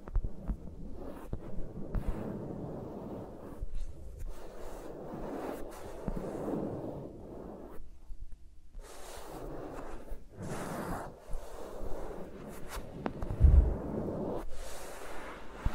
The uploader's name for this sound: ASMR with Mics Around My Fingers (No Talking)